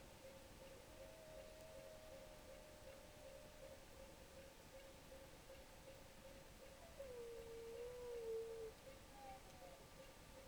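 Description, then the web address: Rorqual calls: long, wavering tonal moans at mid pitch, one steady early and a brighter bending one near the end, over a constant hum and underwater hiss. Recorded in Norway on 5 January 2023 at 01:22. "college France rorqual Norvege"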